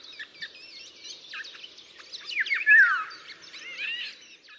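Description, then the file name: Eurasian golden oriole song, one loud fluted whistle dropping in pitch, set against dense chirping and twittering from other birds. "sommargylling"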